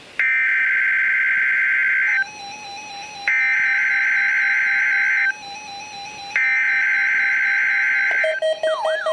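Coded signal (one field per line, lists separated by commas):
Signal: Emergency Alert System (SAME) tones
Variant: header bursts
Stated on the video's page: Required weekly test SAME tones from the Milwaukee, Wisconsin weather radio transmitter.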